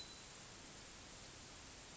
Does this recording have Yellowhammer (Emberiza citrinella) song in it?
no